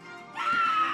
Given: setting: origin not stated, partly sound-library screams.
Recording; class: one-second piece from a danger detection set; woman in danger